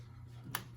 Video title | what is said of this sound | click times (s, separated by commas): Roku SE Model 3930RW Unboxing And Setup / Walmart 2020 Black Friday Roku $17 Streamer | you push it in until you can kind of hear it click a little bit | 0.6 s